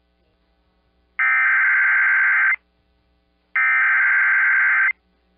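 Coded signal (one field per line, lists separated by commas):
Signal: Emergency Alert System (SAME) tones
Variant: header bursts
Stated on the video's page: Real alerts for Hurricane Fiona in Puerto Rico, received from NOAA Weather Radio San Juan, a San Juan TV station's audio, and a Hormigueros transmitter.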